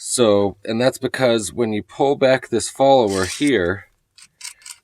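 Someone talks as the spring-loaded follower of a metal BB stick magazine for an Umarex Legends MP40 full-auto BB submachine gun is pulled back toward the loading position, followed by brief scraping and sliding sounds after about 4.2 seconds. The follower does not lock back because there is no notch to catch it, and it slides forward as soon as it is released, which makes the magazine hard to load. Nothing has seated or clicked yet.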